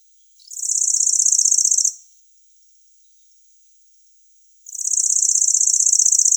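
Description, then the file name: Lanceolated warbler giving high, rapid, insect-like trills, two bursts separated by a quiet gap. "Sverchok pjatnistyj"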